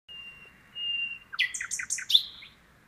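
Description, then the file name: Common nightingale song: two drawn-out whistles, then a rapid tumbling series of varied sharp notes ending in a bright whistle. "Luscinia megarhynchos"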